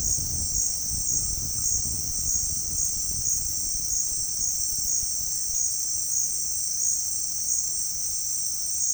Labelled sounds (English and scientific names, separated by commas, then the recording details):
none
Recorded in pastures near Puerto Asís, Putumayo, Colombia, on 29 June 2025 at 17:00
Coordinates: 0.466, -76.322
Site GP07